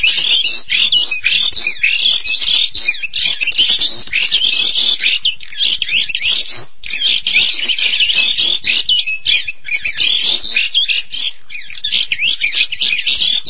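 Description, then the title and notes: Starling pouring out a long, unbroken stream of grating chatter, clicks and thin whistles, busy and energetic throughout. "suara burung jalak"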